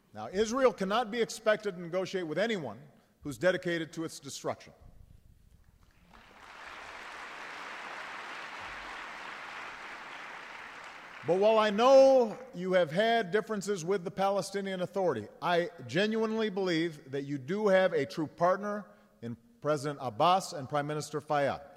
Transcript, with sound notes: Now, Israel cannot be expected to negotiate with anyone who is dedicated to its destruction. (Applause.) But while I know you have had differences with the Palestinian Authority, I genuinely believe that you do have a true partner in President Abbas and Prime Minister Fayyad.